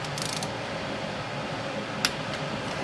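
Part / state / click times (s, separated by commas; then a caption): click-type torque wrench on an engine bolt / torque reached / 2.1 s. A click-type torque wrench tightens a bolt on an engine during a coolant leak repair, with steady broadband background noise and a faint ratcheting burst near 0.2 s. At 2.0 s the wrench breaks over with a sharp, bright click, confirming the bolt has reached its set torque.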